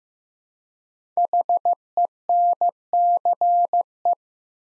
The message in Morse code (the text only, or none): HENCE